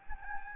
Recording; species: mosquito wingbeat signal from an infrared sensor; Anopheles gambiae